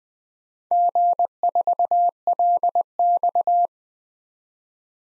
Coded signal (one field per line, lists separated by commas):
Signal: Morse code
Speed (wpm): 20 wpm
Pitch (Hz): 700 Hz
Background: none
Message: G4LX